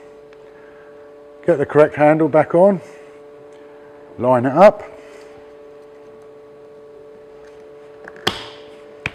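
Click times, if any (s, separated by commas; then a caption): 8.3 s, 9.1 s. After a new seat cover is fitted, a plastic seat adjustment handle is lined up and pushed back onto a Land Rover Discovery seat while someone talks over a steady low hum. Two sharp, loud hits sound at 8.3 s and 9.1 s as the handle clicks into place and seats.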